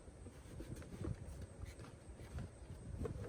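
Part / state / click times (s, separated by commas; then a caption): skeleton body section into its mating plastic socket / not seated / none. A body section of a 2024 Home Depot 12-foot plastic yard skeleton is handled and pushed toward its mating plastic socket during assembly, with low rumbling handling noise and brief knocks near 0.8, 2.4 and 3.1 s. Nothing has seated or clicked yet.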